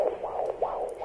Wait to hear the heartbeat of their unborn baby. That's part of the appointment. Yeah. Every time.